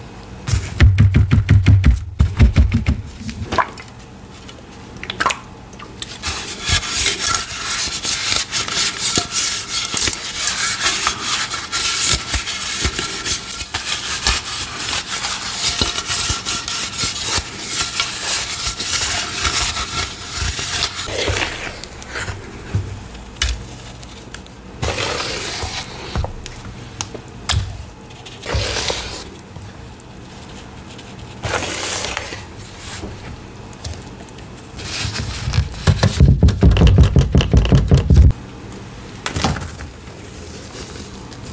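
Chalk powder paste is mashed and stirred, opening with a heavy, rumbling splash that returns around 36 seconds. From about 5 to 21 seconds there is dense, crisp crackling and rubbing, which then loosens into separate squelches and scrapes.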